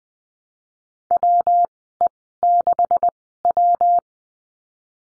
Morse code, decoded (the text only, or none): W E 6 W